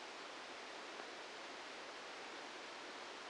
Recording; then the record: brain microelectrode recording played as sound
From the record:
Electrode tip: outside the subthalamic nucleus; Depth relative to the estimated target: 3 mm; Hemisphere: left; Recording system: NeuroSet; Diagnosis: Parkinson's disease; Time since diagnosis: 14 years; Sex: male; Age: 51 years